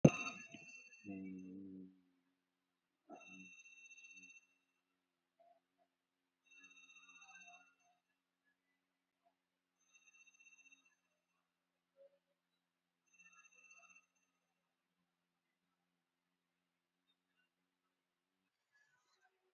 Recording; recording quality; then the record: sustained vowel as in boot; poor, much background noise or distortion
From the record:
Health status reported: COVID-19 positive, moderate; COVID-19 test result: positive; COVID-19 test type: RT-PCR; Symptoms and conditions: cold, sore throat, loss of smell and taste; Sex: male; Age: 45 years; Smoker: yes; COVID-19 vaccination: one dose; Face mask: worn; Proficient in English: yes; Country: India